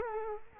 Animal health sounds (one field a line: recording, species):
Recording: mosquito wingbeat signal from an infrared sensor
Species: Culex quinquefasciatus